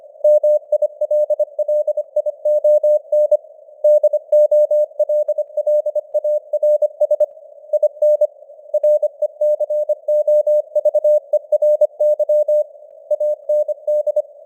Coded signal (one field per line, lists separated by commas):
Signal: Morse code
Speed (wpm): 25 wpm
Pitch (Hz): 600 Hz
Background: none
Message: MILLION DOLLARS IN RECOVERY AND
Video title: Morse Code News | 2026-01-10 | 25wpm